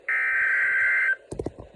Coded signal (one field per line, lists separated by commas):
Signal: Emergency Alert System (SAME) tones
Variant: header bursts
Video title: EAS #126 (TORR)